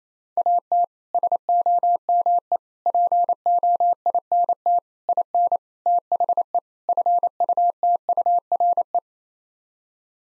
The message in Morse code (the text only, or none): AT SOME POINT IN THE FUTURE